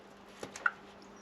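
An ignition coil pack is worked loose from its spark plug well in the cylinder head of a Volvo XC40 engine. Two faint knocks come at about 0.4 and 0.6 seconds, then the rubber boot lets go at the bottom with a sharp pop at 0.7 seconds. The coil pack is released from the spark plug.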